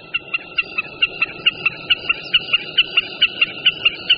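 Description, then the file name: Common snipe giving a rhythmic chipping call, sharp high notes repeated rapidly in a steady even series, with a soft rustling background. "Bekasina otavní"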